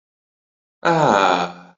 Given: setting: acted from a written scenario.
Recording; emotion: vocal sound without words; contentment